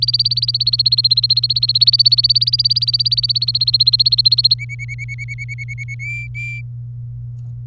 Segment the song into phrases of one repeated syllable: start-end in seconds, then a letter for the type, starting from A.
0.02-4.54 A, 4.59-5.95 B, 5.99-6.61 C